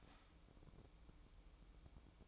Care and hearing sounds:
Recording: daily activity, microphone in the room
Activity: start toaster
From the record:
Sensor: 1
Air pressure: 1007.3 hPa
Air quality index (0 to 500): 79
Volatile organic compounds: 1 ppm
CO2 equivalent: 682 ppm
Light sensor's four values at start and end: 8/19/7/8 and 8/19/7/8

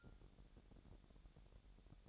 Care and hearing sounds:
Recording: daily activity, microphone in the room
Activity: take from stove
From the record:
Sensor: 3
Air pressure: 1012.0 hPa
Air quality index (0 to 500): 218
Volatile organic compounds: 4 ppm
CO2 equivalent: 1628 ppm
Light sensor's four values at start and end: 92/218/90/80 and 92/218/90/80

